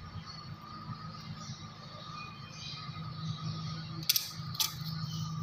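An MC4 solar connector contact is pushed into its plastic housing over a steady low background hum. A sharp click at 4.1 s is followed by a second, fainter click around 4.6 s. The contact is confirmed seated in the housing.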